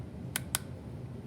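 A hex bit is pushed into the quick-release chuck of a Fanttik Nex L1 Pro cordless screwdriver. Two short, sharp clicks sound at 0.4 s and 0.6 s over a low background hum. The bit seats and locks in place.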